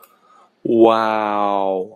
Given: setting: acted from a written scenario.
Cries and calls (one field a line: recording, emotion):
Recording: vocal sound without words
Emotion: elation